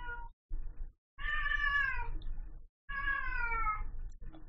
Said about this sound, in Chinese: 你听到只猫喺度叫啊？